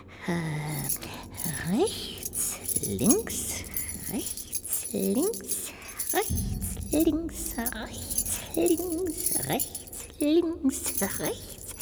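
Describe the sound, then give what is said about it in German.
A bunch of keys jangles and clinks steadily throughout as they are used to count off a choice between left and right in an underground passage. A bright metallic rattle runs under repeated rising, sing-song vocal sounds. “Am besten, ich zähle es an den Schlüsseln ab.”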